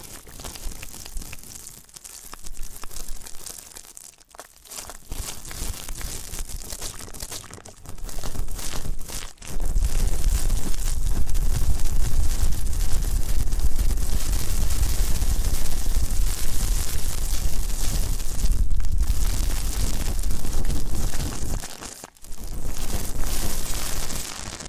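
Ear cleaning sounds: scratchy, crinkling rubs and crackles, patchy and quieter for the first nine seconds with short bursts and gaps. After that they turn into a dense, loud, continuous rustle with a deep rumble under it, briefly dropping out near 22 seconds.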